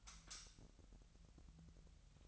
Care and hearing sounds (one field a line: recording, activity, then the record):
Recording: daily activity, microphone in the room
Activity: light off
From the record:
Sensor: 3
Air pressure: 1001.8 hPa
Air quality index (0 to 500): 249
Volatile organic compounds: 53 ppm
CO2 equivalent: 3332 ppm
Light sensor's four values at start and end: 12/33/13/12 and 5/13/5/5